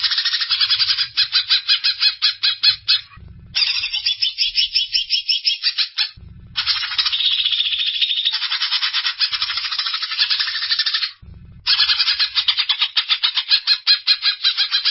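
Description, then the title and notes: Greater green leafbird giving long runs of rapid, rhythmic chattering notes, interrupted by three brief gaps, the phrases steady and insistent throughout. Song of a bird described as a champion singer. "Kicau Burung Cucak Ijo Juara. Suara kicauan burung cucak ijo"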